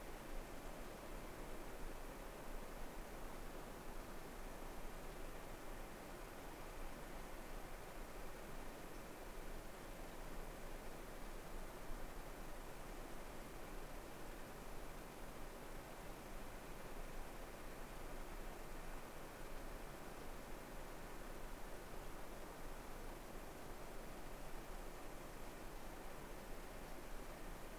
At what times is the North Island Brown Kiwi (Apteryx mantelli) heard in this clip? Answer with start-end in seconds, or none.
none